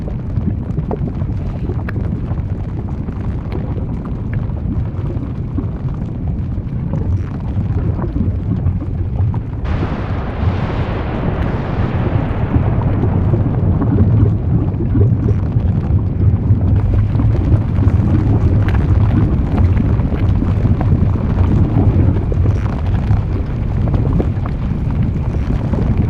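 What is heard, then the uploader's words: Lava and volcanic eruption sounds form a dense, continuous low rumble with rough, crackling texture throughout. Around ten seconds a brighter, hissing surge breaks in and the roar grows slightly louder, staying thick and steady to the end, with wind-like buffeting underneath. Lava with volcano eruptions sounds.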